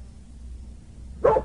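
A single sharp dog bark breaks in near the end, following more than a second of low, steady background hum. The bark is short and mid-pitched, noticeably louder than the quiet murmur before it.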